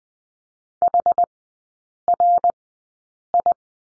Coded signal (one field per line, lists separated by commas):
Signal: Morse code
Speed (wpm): 20 wpm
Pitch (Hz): 700 Hz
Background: none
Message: HRI